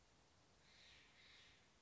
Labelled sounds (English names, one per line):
Steller's Jay